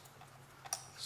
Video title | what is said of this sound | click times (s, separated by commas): Snap-on Removable Prop Guards by Digi Power Refuel - DJI Phantom 3 | slide into those holes slide in there and just snap into place | 0.7 s